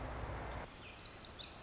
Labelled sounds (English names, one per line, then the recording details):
Pacific Wren
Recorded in Sonoma County, California